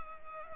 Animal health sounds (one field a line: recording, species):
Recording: mosquito wingbeat signal from an infrared sensor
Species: Culex pipiens